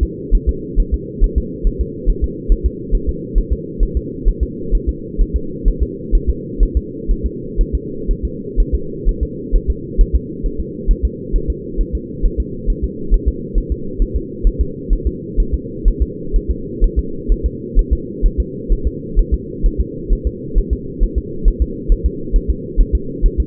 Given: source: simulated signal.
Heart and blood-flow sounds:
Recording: fetal heart sounds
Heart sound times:
0.03 s: S2
0.35 s: S1
0.49 s: S2
0.80 s: S1
0.94 s: S2
1.24 s: S1
1.38 s: S2
1.67 s: S1
1.81 s: S2
2.10 s: S1
2.24 s: S2
2.52 s: S1
2.66 s: S2
2.95 s: S1
3.09 s: S2
3.38 s: S1
3.53 s: S2
3.83 s: S1
3.97 s: S2
4.28 s: S1
4.43 s: S2
4.75 s: S1
4.89 s: S2
5.21 s: S1
5.36 s: S2
5.68 s: S1
5.82 s: S2
6.15 s: S1
6.30 s: S2
6.63 s: S1
6.77 s: S2
7.11 s: S1
7.26 s: S2
7.61 s: S1
7.75 s: S2
8.11 s: S1
8.25 s: S2
8.60 s: S1
8.75 s: S2
9.09 s: S1
9.23 s: S2
9.56 s: S1
9.70 s: S2
10.01 s: S1
10.16 s: S2
10.46 s: S1
10.60 s: S2
10.91 s: S1
11.05 s: S2
11.36 s: S1
11.50 s: S2
11.81 s: S1
11.95 s: S2
12.25 s: S1
12.40 s: S2
12.70 s: S1
12.84 s: S2
13.14 s: S1
13.28 s: S2
13.58 s: S1
13.72 s: S2
14.02 s: S1
14.16 s: S2
14.47 s: S1
14.61 s: S2
14.93 s: S1
15.07 s: S2
15.40 s: S1
15.54 s: S2
15.88 s: S1
16.02 s: S2
16.36 s: S1
16.51 s: S2
16.84 s: S1
16.99 s: S2
17.32 s: S1
17.46 s: S2
17.79 s: S1
17.93 s: S2
18.26 s: S1
18.40 s: S2
18.72 s: S1
18.87 s: S2
19.19 s: S1
19.34 s: S2
19.66 s: S1
19.81 s: S2
20.13 s: S1
20.27 s: S2
20.58 s: S1
20.73 s: S2
21.03 s: S1
21.18 s: S2
21.48 s: S1
21.62 s: S2
21.92 s: S1
22.06 s: S2
22.36 s: S1
22.50 s: S2
22.81 s: S1
22.95 s: S2
23.26 s: S1
23.40 s: S2
From the record:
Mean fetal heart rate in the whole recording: 130 bpm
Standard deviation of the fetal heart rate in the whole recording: 4 bpm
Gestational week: 38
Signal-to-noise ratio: -4.3 dB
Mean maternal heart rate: 72 bpm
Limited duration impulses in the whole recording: absent

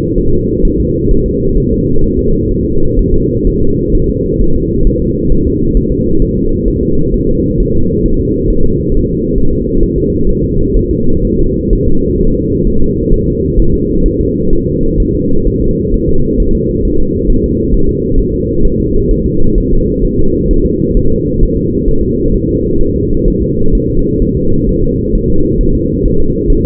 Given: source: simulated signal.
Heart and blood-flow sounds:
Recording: fetal heart sounds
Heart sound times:
0.18 s: S1
0.33 s: S2
0.65 s: S1
0.80 s: S2
1.11 s: S1
1.26 s: S2
1.58 s: S1
1.72 s: S2
2.04 s: S1
2.19 s: S2
2.51 s: S1
2.66 s: S2
2.99 s: S1
3.14 s: S2
3.47 s: S1
3.62 s: S2
3.95 s: S1
4.09 s: S2
4.41 s: S1
4.56 s: S2
4.87 s: S1
5.02 s: S2
5.32 s: S1
5.47 s: S2
5.77 s: S1
5.92 s: S2
6.22 s: S1
6.37 s: S2
6.68 s: S1
6.83 s: S2
7.14 s: S1
7.29 s: S2
7.60 s: S1
7.75 s: S2
8.06 s: S1
8.20 s: S2
8.50 s: S1
8.65 s: S2
8.94 s: S1
9.09 s: S2
9.39 s: S1
9.53 s: S2
9.83 s: S1
9.98 s: S2
10.29 s: S1
10.44 s: S2
10.77 s: S1
10.91 s: S2
11.25 s: S1
11.39 s: S2
11.73 s: S1
11.88 s: S2
12.21 s: S1
12.35 s: S2
12.67 s: S1
12.82 s: S2
13.14 s: S1
13.28 s: S2
13.59 s: S1
13.74 s: S2
14.06 s: S1
14.20 s: S2
14.53 s: S1
14.67 s: S2
15.00 s: S1
15.15 s: S2
15.47 s: S1
15.62 s: S2
15.94 s: S1
16.09 s: S2
16.40 s: S1
16.55 s: S2
16.85 s: S1
17.00 s: S2
17.30 s: S1
17.44 s: S2
17.74 s: S1
17.89 s: S2
18.19 s: S1
18.34 s: S2
18.65 s: S1
18.80 s: S2
19.11 s: S1
19.26 s: S2
19.58 s: S1
19.73 s: S2
20.05 s: S1
20.19 s: S2
20.51 s: S1
20.66 s: S2
20.97 s: S1
21.12 s: S2
21.43 s: S1
21.57 s: S2
21.88 s: S1
22.03 s: S2
22.34 s: S1
22.49 s: S2
22.81 s: S1
22.95 s: S2
23.28 s: S1
23.42 s: S2
23.75 s: S1
23.90 s: S2
24.22 s: S1
24.37 s: S2
24.69 s: S1
24.84 s: S2
25.15 s: S1
25.30 s: S2
25.61 s: S1
25.75 s: S2
26.06 s: S1
26.20 s: S2
26.50 s: S1
26.65 s: S2
From the record:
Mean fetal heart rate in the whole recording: 130 bpm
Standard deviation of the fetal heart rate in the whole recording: 4 bpm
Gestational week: 38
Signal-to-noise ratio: -17.7 dB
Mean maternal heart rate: 72 bpm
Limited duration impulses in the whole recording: present

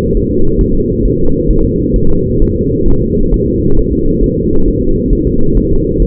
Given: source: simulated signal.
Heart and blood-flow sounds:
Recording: fetal heart sounds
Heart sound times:
0.17 s: S1
0.31 s: S2
0.61 s: S1
0.75 s: S2
1.06 s: S1
1.20 s: S2
1.51 s: S1
1.65 s: S2
1.96 s: S1
2.10 s: S2
2.42 s: S1
2.56 s: S2
2.88 s: S1
3.02 s: S2
3.34 s: S1
3.48 s: S2
3.79 s: S1
3.93 s: S2
4.24 s: S1
4.38 s: S2
4.68 s: S1
4.82 s: S2
5.13 s: S1
5.27 s: S2
5.57 s: S1
5.72 s: S2
6.02 s: S1
From the record:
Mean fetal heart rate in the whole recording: 135 bpm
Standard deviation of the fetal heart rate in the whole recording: 3 bpm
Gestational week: 36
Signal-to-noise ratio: -17.7 dB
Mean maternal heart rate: 72 bpm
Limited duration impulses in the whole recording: present

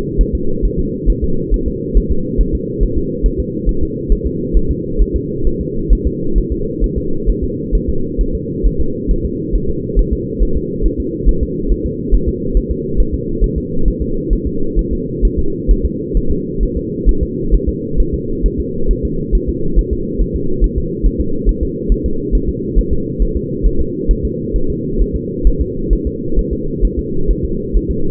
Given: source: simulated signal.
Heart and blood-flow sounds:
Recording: fetal heart sounds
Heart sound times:
0.21 s: S1
0.35 s: S2
0.65 s: S1
0.79 s: S2
1.10 s: S1
1.24 s: S2
1.54 s: S1
1.68 s: S2
1.97 s: S1
2.12 s: S2
2.41 s: S1
2.55 s: S2
2.83 s: S1
2.97 s: S2
3.26 s: S1
3.40 s: S2
3.69 s: S1
3.83 s: S2
4.12 s: S1
4.26 s: S2
4.57 s: S1
4.71 s: S2
5.02 s: S1
5.16 s: S2
5.47 s: S1
5.61 s: S2
5.93 s: S1
6.07 s: S2
6.38 s: S1
6.52 s: S2
6.84 s: S1
6.98 s: S2
7.29 s: S1
7.44 s: S2
7.75 s: S1
7.89 s: S2
8.21 s: S1
8.35 s: S2
8.66 s: S1
8.81 s: S2
9.11 s: S1
9.25 s: S2
9.55 s: S1
9.70 s: S2
9.99 s: S1
10.13 s: S2
10.42 s: S1
10.57 s: S2
10.86 s: S1
11.00 s: S2
11.29 s: S1
11.43 s: S2
11.72 s: S1
11.86 s: S2
12.14 s: S1
12.29 s: S2
12.57 s: S1
12.71 s: S2
13.00 s: S1
13.14 s: S2
13.44 s: S1
13.58 s: S2
13.88 s: S1
14.02 s: S2
14.33 s: S1
14.47 s: S2
14.79 s: S1
14.93 s: S2
15.25 s: S1
15.39 s: S2
15.71 s: S1
15.85 s: S2
16.17 s: S1
16.31 s: S2
16.63 s: S1
16.77 s: S2
17.09 s: S1
17.23 s: S2
17.54 s: S1
17.69 s: S2
18.00 s: S1
18.14 s: S2
18.46 s: S1
18.60 s: S2
18.91 s: S1
19.05 s: S2
19.35 s: S1
19.49 s: S2
19.79 s: S1
19.93 s: S2
20.22 s: S1
20.36 s: S2
20.64 s: S1
20.78 s: S2
21.06 s: S1
21.21 s: S2
21.49 s: S1
21.63 s: S2
21.92 s: S1
22.06 s: S2
22.35 s: S1
22.49 s: S2
22.79 s: S1
22.93 s: S2
23.22 s: S1
23.36 s: S2
23.66 s: S1
23.81 s: S2
24.11 s: S1
24.25 s: S2
24.56 s: S1
24.70 s: S2
25.01 s: S1
25.16 s: S2
25.47 s: S1
25.61 s: S2
25.93 s: S1
26.07 s: S2
26.39 s: S1
26.53 s: S2
26.85 s: S1
26.99 s: S2
27.30 s: S1
27.45 s: S2
27.76 s: S1
27.91 s: S2
From the record:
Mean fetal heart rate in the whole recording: 135 bpm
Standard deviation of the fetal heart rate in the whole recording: 3 bpm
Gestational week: 36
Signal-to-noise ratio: -8.1 dB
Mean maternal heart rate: 72 bpm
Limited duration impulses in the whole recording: absent

